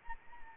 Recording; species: mosquito wingbeat signal from an infrared sensor; Anopheles arabiensis